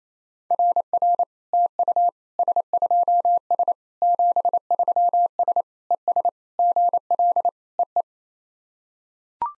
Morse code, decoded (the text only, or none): RR TU S2S 73S ES GL EE